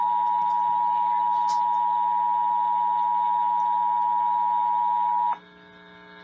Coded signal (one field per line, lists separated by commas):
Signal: Emergency Alert System (SAME) tones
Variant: 853 and 960 Hz attention tone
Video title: Thats one way to wrap up the end of June- EAS Alerts from June 27th and June 28th, EAS#417-443